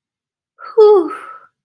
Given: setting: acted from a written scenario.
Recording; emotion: vocal sound without words; relief